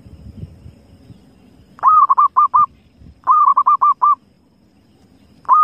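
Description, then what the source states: Zebra dove coos in two full rolling phrases of a long note plus quick short beats, with a third phrase just beginning at the end; faint low background noise. Lure call used for trapping zebra doves.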